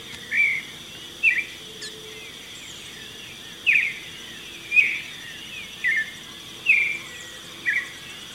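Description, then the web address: Marañón thrush singing short rich warbled phrases at irregular intervals, with a continuous high-pitched buzz in the background. Recorded in Ecuador. "Birds of Ecuador. Maranon thrush"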